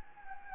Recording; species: mosquito wingbeat signal from an infrared sensor; Anopheles gambiae